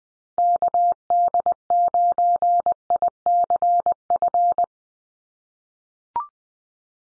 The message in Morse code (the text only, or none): KD9ICF